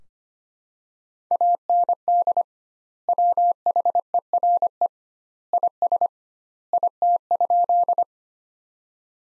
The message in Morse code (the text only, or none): AND WHERE IS IT?